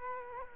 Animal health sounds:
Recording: mosquito wingbeat signal from an infrared sensor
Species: Culex quinquefasciatus

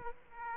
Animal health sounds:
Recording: mosquito wingbeat signal from an infrared sensor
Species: Aedes aegypti

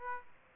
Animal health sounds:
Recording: mosquito wingbeat signal from an infrared sensor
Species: Aedes aegypti

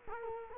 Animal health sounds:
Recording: mosquito wingbeat signal from an infrared sensor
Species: Culex quinquefasciatus

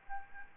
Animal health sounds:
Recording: mosquito wingbeat signal from an infrared sensor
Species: Aedes albopictus

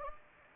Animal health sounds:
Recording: mosquito wingbeat signal from an infrared sensor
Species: Anopheles gambiae

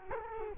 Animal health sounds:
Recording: mosquito wingbeat signal from an infrared sensor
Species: Culex quinquefasciatus

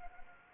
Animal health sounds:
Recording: mosquito wingbeat signal from an infrared sensor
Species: Anopheles arabiensis

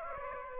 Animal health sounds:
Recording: mosquito wingbeat signal from an infrared sensor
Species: Aedes aegypti

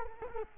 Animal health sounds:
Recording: mosquito wingbeat signal from an infrared sensor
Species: Culex quinquefasciatus

